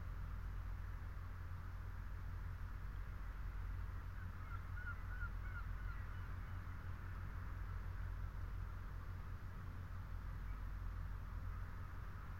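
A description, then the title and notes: Wind blows steadily around the lone tree and telegraph wires, a constant dense rumble with a hiss above and faint chirps near five seconds. Lone tree under windswept telegraph wires. The long line of them that stand along the Creel Path, on the east coast of Scotland. The tree, weather stunted and probably overlooked by almost all who stumble by on the rough stone track, holds and shelters the Lento microphones.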